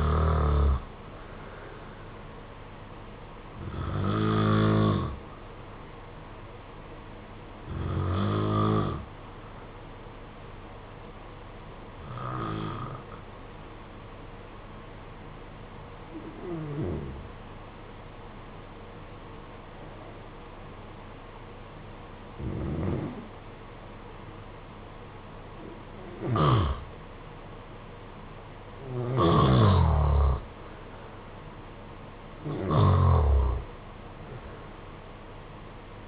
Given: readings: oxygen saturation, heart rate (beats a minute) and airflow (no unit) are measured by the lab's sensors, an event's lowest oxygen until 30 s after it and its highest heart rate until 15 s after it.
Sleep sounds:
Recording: breathing in sleep by a voice recorder at the bedside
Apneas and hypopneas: 1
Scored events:
11.00-29.10 s: hypopnea (N1, oxygen 95% highest, then 87% lowest, heart rate 57 at the start, 75 highest)
From the record:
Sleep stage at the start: N1 (lightest sleep)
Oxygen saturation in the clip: 88 to 95%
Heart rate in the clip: 57 to 67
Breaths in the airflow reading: 9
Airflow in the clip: -6.6 to 7.0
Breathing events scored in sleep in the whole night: 476 in 9.7 hours asleep

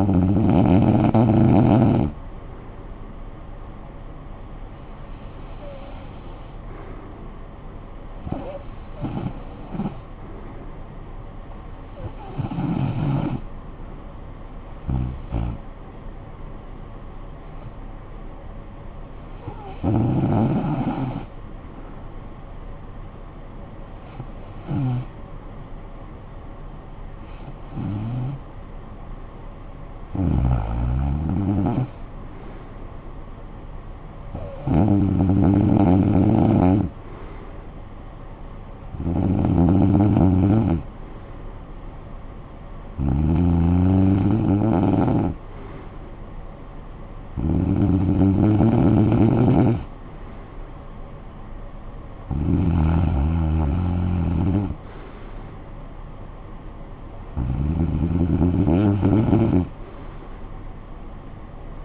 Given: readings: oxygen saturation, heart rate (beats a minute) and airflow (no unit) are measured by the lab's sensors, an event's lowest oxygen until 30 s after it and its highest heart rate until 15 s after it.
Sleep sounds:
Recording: breathing in sleep by a smartphone at the bedside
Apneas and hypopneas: 1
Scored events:
4.00-29.30 s: hypopnea (REM, oxygen 96% highest, then 94% lowest, heart rate 58 at the start, 65 highest)
From the record:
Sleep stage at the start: REM sleep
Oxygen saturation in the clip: 94 to 96%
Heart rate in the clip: 54 to 72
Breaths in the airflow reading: 16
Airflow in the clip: -13.0 to 8.1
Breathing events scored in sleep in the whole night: 445 in 7.6 hours asleep

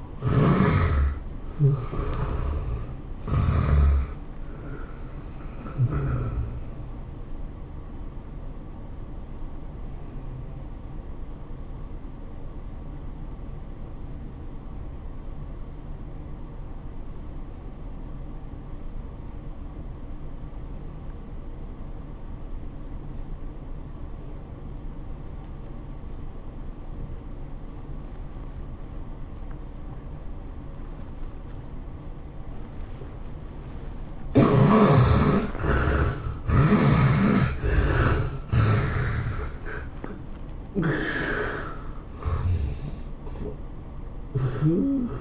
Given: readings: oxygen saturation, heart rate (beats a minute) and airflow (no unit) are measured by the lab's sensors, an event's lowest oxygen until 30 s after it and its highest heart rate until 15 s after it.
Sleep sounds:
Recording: a person awake in a sleep study, by a smartphone at the bedside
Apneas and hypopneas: 1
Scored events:
0.00-42.00 s: awake
9.00-35.20 s: obstructive apnea (scored as awake, oxygen 97% highest, then 70% lowest, heart rate 96 at the start, 108 highest)
37.00-45.21 s: new sleep stage, N1 (lightest sleep)
From the record:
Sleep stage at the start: awake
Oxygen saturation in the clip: 71 to 97%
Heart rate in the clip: 80 to 108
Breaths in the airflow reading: 6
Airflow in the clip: -14.0 to 12.1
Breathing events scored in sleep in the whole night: 403 in 5.5 hours asleep

